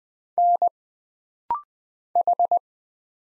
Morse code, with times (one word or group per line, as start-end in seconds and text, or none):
0.4-0.7 N
2.2-2.6 H